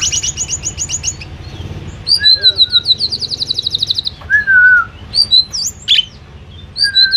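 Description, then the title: Asian pied starling song with high rapid trills, a few drawn-out whistles and scattered harsh chattering notes between pauses. Bird singing actively, used as tutor audio for training pet birds. "Jalak Suren Gacor full"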